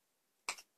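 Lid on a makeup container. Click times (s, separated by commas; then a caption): 0.5 s. A hard-to-open makeup container's lid finally pops open with a sharp click at 0.5 s, followed by a quieter second burst just after. The rest of the clip is near silent, and the lid ends up released.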